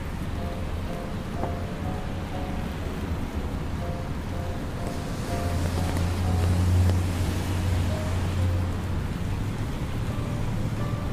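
Steady rain hiss over a low traffic rumble on a New York day, swelling louder midway, with faint intermittent engine tones throughout.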